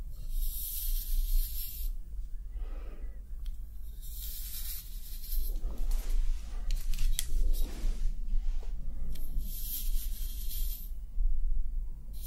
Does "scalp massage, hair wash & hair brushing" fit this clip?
yes